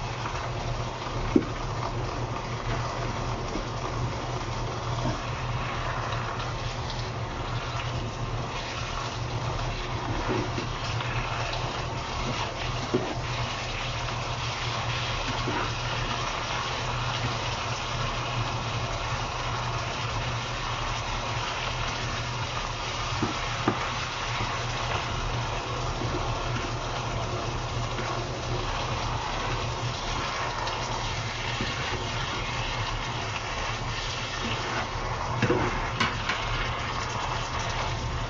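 Kitchen sounds while cooking stir-fried chicken breast and vegetables: a steady, dense hiss runs throughout, with a low hum underneath. Occasional short clicks and knocks break through, around 1, 23 and 36 seconds, like utensils touching the pan.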